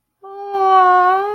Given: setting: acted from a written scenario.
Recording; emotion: vocal sound without words; adoration